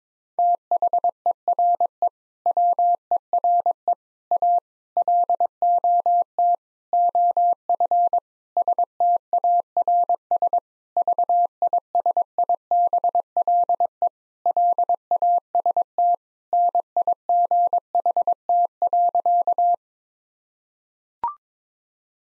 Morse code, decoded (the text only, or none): THERE WERE A LOT OF STARS VISIBLE LAST NIGHT.